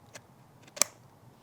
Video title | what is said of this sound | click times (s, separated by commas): Liquid Elements Polishers in Action - T4000 Mk2 & A1000 Demo | That click. That click assures you that your cable is completely connected | 0.8 s